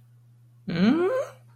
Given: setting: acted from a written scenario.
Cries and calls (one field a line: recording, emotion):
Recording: vocal sound without words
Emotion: confusion